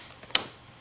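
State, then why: Seated. A fuel line quick connector on a Lexus LS460/GS460/LS600h is pushed down further onto its fuel fitting and gives a single loud, sharp snap at 0.4 s. The connector snaps fully home and is seated, and someone talks.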